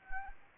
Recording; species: mosquito wingbeat signal from an infrared sensor; Anopheles arabiensis